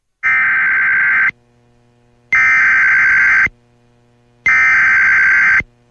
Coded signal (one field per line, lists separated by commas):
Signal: Emergency Alert System (SAME) tones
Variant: header bursts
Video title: EAS mini scenario 1 - EAS test of September 2020